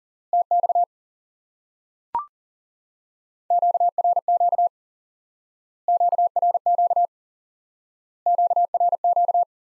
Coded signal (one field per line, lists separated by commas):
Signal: Morse code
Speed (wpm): 37 wpm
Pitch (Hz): 700 Hz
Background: none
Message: TX QRQ QRQ QRQ